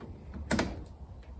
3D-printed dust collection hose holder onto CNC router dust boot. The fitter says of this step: and it just snaps right in there like that so